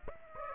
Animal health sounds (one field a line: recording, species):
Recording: mosquito wingbeat signal from an infrared sensor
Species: Aedes aegypti